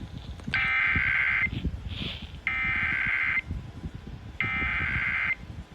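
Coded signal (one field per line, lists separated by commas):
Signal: Emergency Alert System (SAME) tones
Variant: header bursts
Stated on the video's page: Amber alert received on an FM radio station.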